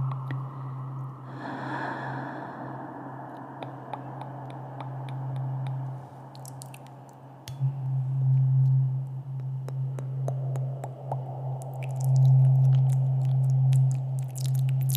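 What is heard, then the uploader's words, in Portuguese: A low, steady tuning-fork hum swells louder twice, while wet mouth clicks and crackles scatter through the second half after a breathy puff. ASMR intenso com sons de boca e diapasão, um instrumento utilizado em testes medicinais que emitem frequências utilizadas como terapia alternativa para muitas situações.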